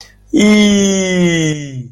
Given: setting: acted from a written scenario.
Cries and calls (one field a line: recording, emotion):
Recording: vocal sound without words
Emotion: triumph